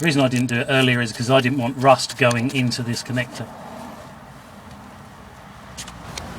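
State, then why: Released. Someone talks while working on the front suspension strut of a Jaguar X-Type, where a plastic electrical connector on the ABS sensor wire is being disconnected; it was left until now to keep rust out of the connector. The middle tab is pressed down with a screwdriver and the connector is pulled apart, and after the talking stops there is a quiet stretch before a single sharp click at 6.2 s. The connector comes apart and is released.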